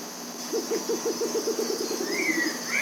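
Bare-legged owl call: a quick run of evenly spaced low hoots that trail off and soften, with higher slurred whistles near the end and insect hum behind.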